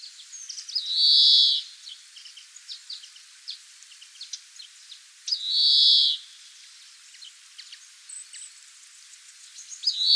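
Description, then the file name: European greenfinch wheezing twice, long buzzy nasal notes about five seconds apart, then starting a third right at the end, while soft high chirps and ticks of other small birds fill the gaps. "Chloris chloris"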